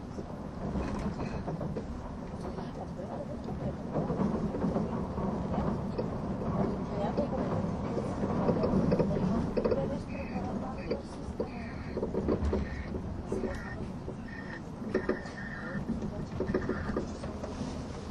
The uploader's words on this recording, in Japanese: SBB線 EC311レ02 Arth-Goldau～Bellinzona。スイスでは主力の車体傾斜車両であるETR610形EC、高速性能と曲線通過性能の両者の本領を発揮できるゴッタルドトベーシトンネルルートの列車を収録したものです。